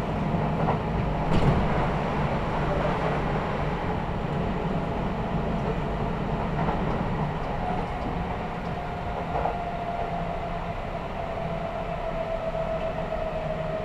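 Steady low rumble of a train running, with a thin whine slowly falling in pitch after nine seconds and a brief clunk near the start.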